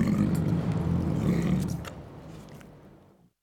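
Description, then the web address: Tiger growls deeply and roughly, the sound trailing off into silence. "bruitage Animaux Tigre"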